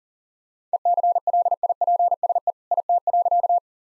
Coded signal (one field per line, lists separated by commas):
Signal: Morse code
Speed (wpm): 40 wpm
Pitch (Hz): 700 Hz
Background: none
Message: ECLIPSE IT.